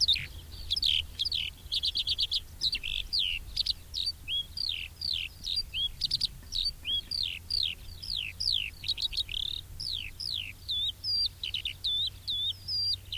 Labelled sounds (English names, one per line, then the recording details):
Eurasian Skylark song
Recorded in the wild
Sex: male
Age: adult
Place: Röttenbach, Bayern, DE
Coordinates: 49.665, 10.9544
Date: 1964-06-27
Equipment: Original, Vollspur
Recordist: Tretzel, Erwin
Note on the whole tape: Röttenbach A: Feldlerche: Würger-Vorbild